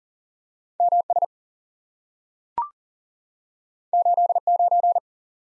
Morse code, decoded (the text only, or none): MS 89